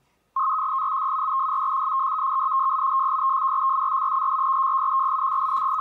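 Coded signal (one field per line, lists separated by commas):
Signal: modem data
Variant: 100 baud FSK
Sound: steady warbling tone around 1 kHz, fast trilling between two close pitches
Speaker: This frequency shift keying audio file is obviously transmitting through the air to this microphone, which is how modems work.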